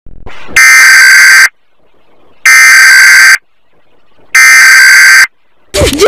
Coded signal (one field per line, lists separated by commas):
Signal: Emergency Alert System (SAME) tones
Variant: header bursts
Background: speech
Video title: Rating Fictional EAS Alarms (pt. 14)